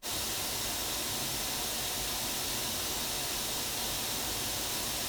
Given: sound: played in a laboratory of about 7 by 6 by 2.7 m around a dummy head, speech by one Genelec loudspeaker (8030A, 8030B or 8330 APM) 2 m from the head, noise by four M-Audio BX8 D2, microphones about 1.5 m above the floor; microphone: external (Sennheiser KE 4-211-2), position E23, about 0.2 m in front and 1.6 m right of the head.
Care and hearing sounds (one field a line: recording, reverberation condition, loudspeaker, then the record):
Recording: white noise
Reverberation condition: low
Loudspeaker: four, about 170 cm from the corners of the room and facing them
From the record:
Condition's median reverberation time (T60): about 310 ms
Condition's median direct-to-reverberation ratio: about 3.5 dB